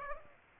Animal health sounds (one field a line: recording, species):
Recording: mosquito wingbeat signal from an infrared sensor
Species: Aedes aegypti